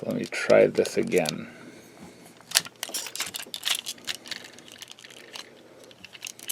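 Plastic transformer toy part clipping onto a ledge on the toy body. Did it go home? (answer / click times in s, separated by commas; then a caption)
no / none. Someone talks, then handles a plastic part of a vintage Megatron G1 transformer toy, pressing it against a small ledge on the toy's body on a second try after a failed first attempt. Light plastic taps and scrapes follow, with sharper knocks around 2.6, 2.8, 3.7 and 4.1 seconds. Nothing has clicked into place yet.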